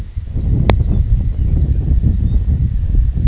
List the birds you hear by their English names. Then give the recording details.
Lapland Longspur. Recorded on Arctic tundra, site IGLO-D, on 25 June 2018. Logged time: 08:00